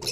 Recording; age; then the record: pig call; weaner (32 to 43 days)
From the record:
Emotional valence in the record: negative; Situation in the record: short isolation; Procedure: open field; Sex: female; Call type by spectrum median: high-frequency call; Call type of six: high-frequency stable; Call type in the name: high-frequency stable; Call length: 0.12 s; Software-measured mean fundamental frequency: 486 Hz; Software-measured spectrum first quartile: 1973 Hz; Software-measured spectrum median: 4404 Hz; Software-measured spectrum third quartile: 6024 Hz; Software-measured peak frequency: 5366 Hz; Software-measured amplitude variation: 96 dB a second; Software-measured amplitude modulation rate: 21.5 a second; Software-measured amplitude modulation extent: 4.4 dB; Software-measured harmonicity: 3.7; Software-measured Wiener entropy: -2.55